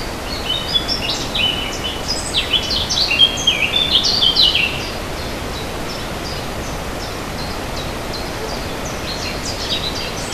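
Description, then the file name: Warbler song, a rapid jumbled run of high scratchy and whistled notes lasting about four seconds, followed by fainter twittering against constant hiss. "fauvette"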